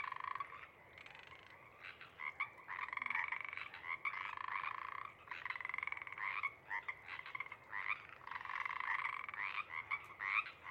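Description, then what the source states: Pacific Chorus Frogs calling, long runs of rapid raspy croaks overlapping from several frogs, broken by short lulls. More frogs of a pod joining the calling after sunset, coming up from overnight burrows; cree-eek and ribbit calls; night of April 21-22, 2019, Sinlahekin Valley.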